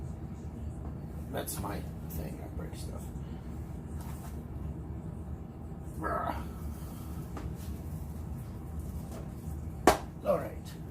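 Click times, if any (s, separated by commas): 9.9 s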